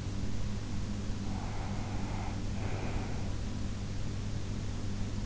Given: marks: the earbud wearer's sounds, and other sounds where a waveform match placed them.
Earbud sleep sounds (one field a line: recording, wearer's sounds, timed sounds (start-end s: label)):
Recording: sounds in sleep by an in-ear microphone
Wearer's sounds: breath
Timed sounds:
1.10-3.73 s: breath